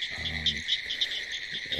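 Pine Woods Treefrog calling, a fast pulsing high trill with regular throbs, and a brief low hum near the start.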